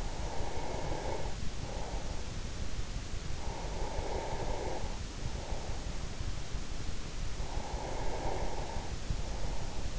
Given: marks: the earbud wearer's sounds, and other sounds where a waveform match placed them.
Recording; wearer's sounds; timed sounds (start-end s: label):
sounds in sleep by an in-ear microphone; breath
0.00-2.27 s: breath
3.25-6.11 s: breath
7.02-9.94 s: breath